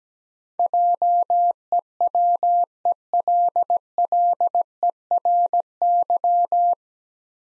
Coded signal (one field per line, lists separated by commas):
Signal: Morse code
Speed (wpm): 17 wpm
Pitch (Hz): 700 Hz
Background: none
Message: JEWELLERY